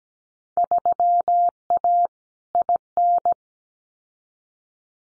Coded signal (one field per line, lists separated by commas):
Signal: Morse code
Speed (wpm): 17 wpm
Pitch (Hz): 700 Hz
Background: none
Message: 3A IN